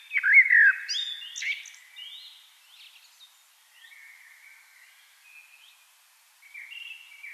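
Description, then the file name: Eurasian blackbird song opening with a loud fluty warble and squeaky flourish, then quieter thin high notes trailing off. "Turdus merula"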